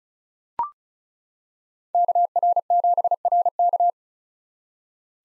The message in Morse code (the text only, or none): KR7RK